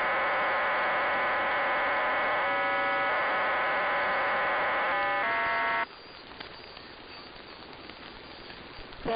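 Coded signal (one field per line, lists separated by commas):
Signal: numbers station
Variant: HM01 RDFT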